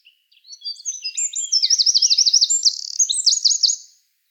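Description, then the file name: Eurasian wren song, a fast, loud, high-pitched outpouring of notes with two rapid rattling trills, lasting about three and a half seconds. "Troglodytes troglodytes"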